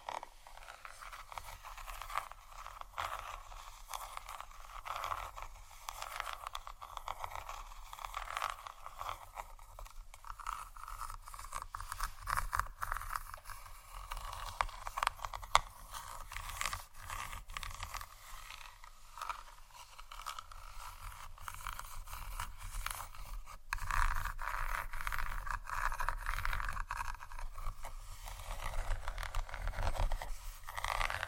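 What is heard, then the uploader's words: Gentle scratching runs throughout as a dense, steady stream of fine rasping strokes, bright and hissy with a little low rumble beneath. A sharp click lands near fifteen seconds, and from about twenty-four seconds the scratching grows louder and fuller. ASMR Gentle Scratching For Sleep（No Talking）.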